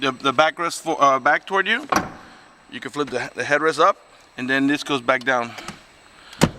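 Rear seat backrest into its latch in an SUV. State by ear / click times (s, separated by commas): seated / 6.4 s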